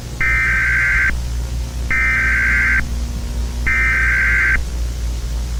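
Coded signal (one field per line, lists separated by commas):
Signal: Emergency Alert System (SAME) tones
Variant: header bursts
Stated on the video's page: Simulated Halloween EAS scenario.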